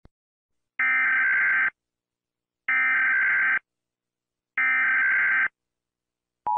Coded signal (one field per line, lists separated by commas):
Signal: Emergency Alert System (SAME) tones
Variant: header bursts